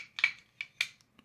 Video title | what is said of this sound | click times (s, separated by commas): Asus ROG Strix Arion External NVME Enclosure Unboxing | Snaps into place, and then we can plug in our USB-C cable here, | 0.8 s